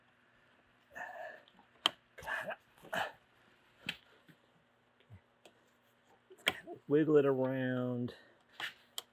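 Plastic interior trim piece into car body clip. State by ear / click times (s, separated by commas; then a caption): seated / 9.0 s. While reinstalling interior trim in a Porsche Cayman after fitting a harness bar, a plastic trim piece is wiggled around against its body clip, with scattered sharp plastic ticks and knocks as someone talks. The clip snaps home with a crisp click at 9.0 s, and the trim piece is seated.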